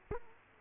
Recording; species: mosquito wingbeat signal from an infrared sensor; Aedes aegypti